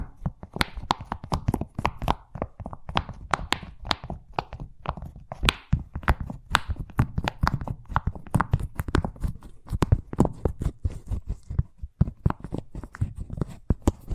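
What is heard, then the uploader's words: Fast tapping runs the whole fourteen seconds as a dense, slightly uneven stream of sharp, dry knocks, several per second. Each hit has a firm low thump with a bright click on top. There are brief lulls near five and twelve seconds. ASMR Braingasm Inducing Fast Tapping (No Talking).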